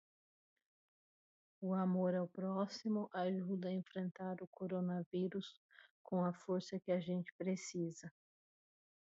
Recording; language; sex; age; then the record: spoken sentence; Brazilian Portuguese; female; 40 to 49 years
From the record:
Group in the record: control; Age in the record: 45 years